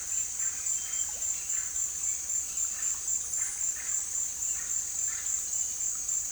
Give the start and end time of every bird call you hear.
0.00s-1.81s: bird call

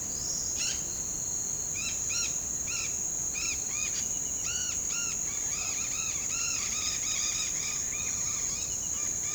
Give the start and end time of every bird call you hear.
0.52s-0.79s: bird call
1.70s-2.88s: bird call
3.32s-3.98s: bird call
4.44s-9.34s: bird call

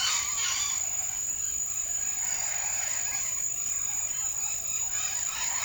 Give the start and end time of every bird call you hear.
0.00s-0.77s: bird call
2.19s-5.65s: bird call

